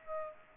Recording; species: mosquito wingbeat signal from an infrared sensor; Aedes aegypti